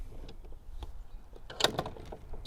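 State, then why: Seated. A bow-mount trolling motor swings down on its mount after a foot pedal is pressed. Its shaft locks into the bow mount's deploy latch with a sharp snap at 1.6 s, amid a cluster of clicks and clatter. The motor is seated in the deployed position.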